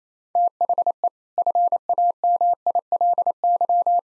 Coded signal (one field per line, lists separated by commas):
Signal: Morse code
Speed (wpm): 28 wpm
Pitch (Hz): 700 Hz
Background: none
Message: THE FAMILY